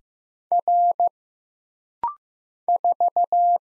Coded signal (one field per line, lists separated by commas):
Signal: Morse code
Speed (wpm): 15 wpm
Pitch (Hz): 700 Hz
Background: none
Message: R 4